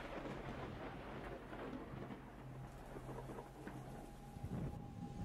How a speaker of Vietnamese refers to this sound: Ngoài trời đã bắt đầu đổ mưa xuống. Kỳ lạ thật, trời vào thu, làm gì có những cơn mưa rào sấm sét như thế này đâu.